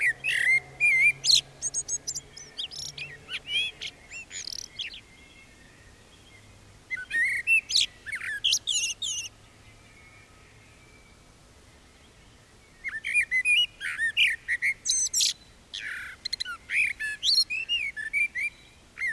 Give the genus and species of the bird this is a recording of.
Turdus merula